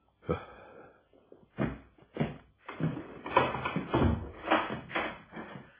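A door is opened by a son to let in a visiting priest, with a series of rasping, creaking groans. The bursts come unevenly, a short one first and then a longer run of louder, overlapping creaks.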